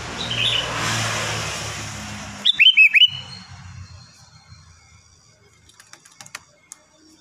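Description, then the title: Sooty-headed bulbul song: one lively phrase of four or five quick, bouncing notes as a passing car's noise fades, then scattered faint clicks. "Kutilang"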